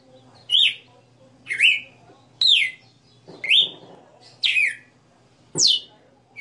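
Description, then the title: Red-cowled cardinal song: six clear, downslurred whistled notes spaced about a second apart, with one soft thump near the end. Female singing live; the song is described as having 60 notes. "Canto Galo Campina Fêmea. Galo de Campina 60 NOTAS Cantando Ao vivo"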